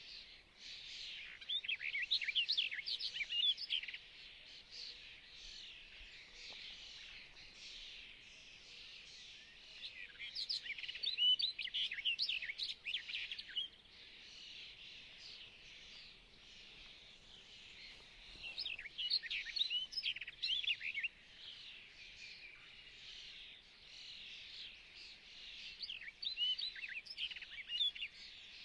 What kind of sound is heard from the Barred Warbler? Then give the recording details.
song. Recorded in the wild. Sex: male. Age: adult. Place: Hobrechtsfelder Rieselfelder, Naturpark Barnim, Berlin, DE. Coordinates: 52.6658, 13.4697. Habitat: open landscape. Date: 2012-05-28 08:40. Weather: 20°C, sunny, almost windless. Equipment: Sound Devices 702, Sennheiser MKH 70, Rycote Windschutz. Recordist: Frommolt, Karl-Heinz